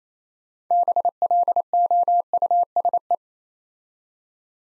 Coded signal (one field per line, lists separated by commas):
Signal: Morse code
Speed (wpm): 28 wpm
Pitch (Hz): 700 Hz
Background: none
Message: BLOUSE